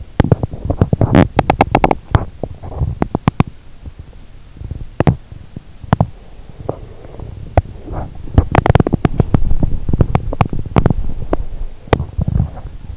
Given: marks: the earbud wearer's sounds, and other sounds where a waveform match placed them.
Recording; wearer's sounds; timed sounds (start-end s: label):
sounds in sleep by an in-ear microphone; teeth grinding
0.00-12.97 s: teeth grinding